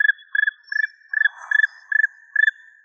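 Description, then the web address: Black woodpecker calling in an even series of short rattled notes, each a quick burst of pulses, repeated several times on a steady pitch. "Dryocopus martius"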